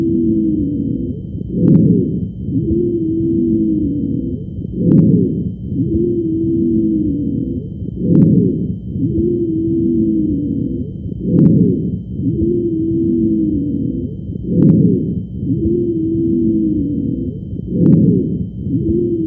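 Steady, musical, whistling tones run through most of each breath, about 19 breaths a minute, with a brief sharp click at each change of breath, heard over an adult chest with a stethoscope. These are wheezes: continuous musical sounds made as air passes through narrowed airways.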